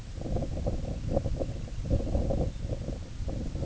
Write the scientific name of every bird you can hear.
Calidris pusilla, Calcarius lapponicus